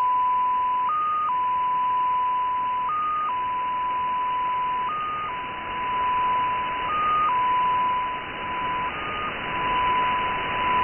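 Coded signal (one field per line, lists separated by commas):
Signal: numbers station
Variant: XPA2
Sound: continuous steady tone with a brief higher-pitched step about every two seconds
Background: radio static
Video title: XPA2 16338 USB 10-14-2018 1500z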